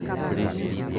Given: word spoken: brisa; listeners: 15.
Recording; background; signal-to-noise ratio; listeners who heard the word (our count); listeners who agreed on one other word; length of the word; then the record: one Spanish word in noise, from a listening test; eight-talker babble; -2.9 dB; 0 of 15; 9 of 15; 0.60 s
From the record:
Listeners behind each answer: 9, 1, 1, 1, 1, 1, 1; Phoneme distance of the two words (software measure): 27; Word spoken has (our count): 2 syllables, 5 phonemes, stress on syllable 1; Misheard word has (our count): 2 syllables, 6 phonemes, stress on syllable 1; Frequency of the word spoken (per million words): 8.88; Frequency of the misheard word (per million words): 162.29